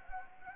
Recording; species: mosquito wingbeat signal from an infrared sensor; Anopheles gambiae